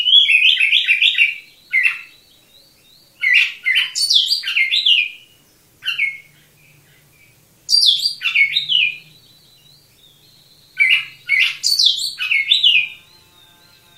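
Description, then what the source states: Oriental magpie-robin singing in bursts of rich, varied whistles and slurred notes, several phrases separated by short silences, each sweeping up and down; a low hum in the background. Local name kacer; described as 'gacor', vigorous continuous singing.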